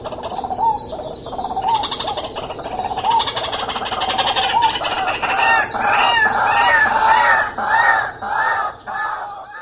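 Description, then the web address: White-breasted waterhen giving harsh, nasal croaking notes in a fast rhythmic series that grows louder and fuller toward the end. Taiwan. "siroharakuina. bbstaiwan 鳥音補習班 白腹秧雞"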